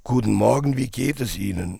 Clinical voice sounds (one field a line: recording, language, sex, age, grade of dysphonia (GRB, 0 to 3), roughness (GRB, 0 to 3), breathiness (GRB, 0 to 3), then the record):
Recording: spoken sentence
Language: German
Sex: male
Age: 50 to 59 years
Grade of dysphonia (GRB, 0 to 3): 3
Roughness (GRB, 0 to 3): 3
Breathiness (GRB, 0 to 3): 2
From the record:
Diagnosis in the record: leukoplakia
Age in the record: 58 years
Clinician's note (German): Verdacht auf Tumor linkes Stimmband, hinteres Drittel; Nikotinabusus